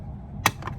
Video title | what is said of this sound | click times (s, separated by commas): How to remove and charge the battery on a Ryobi 40 Volt blower | You hear that snap? | 0.5 s